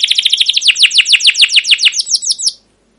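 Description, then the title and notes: Canary singing a fast run of high downslurred notes for about two and a half seconds before stopping. Long continuous 'cuit cuit ngerol' canary song, used as a lure and master recording for young canaries learning sounds, for training caged birds. "CUIT CUIT NGEROL LANGSUNG GACOR PANJANG Kenari Pancingan KENAR. PANCINGAN Kenari GACOR PANJANG Cuit CUIT EMOSI MASTERAN Kenari PAUD belajar BUNYI. burung kenari"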